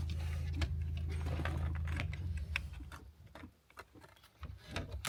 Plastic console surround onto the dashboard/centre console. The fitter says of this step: you he that nice click and then that should just snap back in now shouldn't it